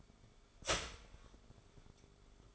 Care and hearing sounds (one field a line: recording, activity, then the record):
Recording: daily activity, microphone in the room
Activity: start toaster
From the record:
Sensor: 5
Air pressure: 1014.8 hPa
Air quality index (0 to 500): 207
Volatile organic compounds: 10 ppm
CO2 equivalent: 2199 ppm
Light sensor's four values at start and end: 14/33/13/12 and 14/33/13/12